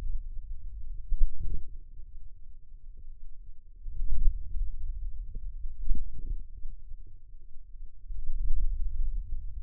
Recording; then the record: forearm muscle sounds (acoustic myography)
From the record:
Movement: hand closing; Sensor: system 2, bracelet of six BSWA MPA416 microphones around the upper forearm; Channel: 6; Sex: female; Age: 22 years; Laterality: right